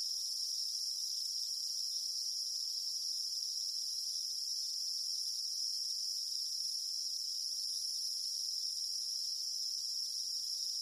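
Cicada song, a continuous shrill drone at a constant high pitch with no breaks.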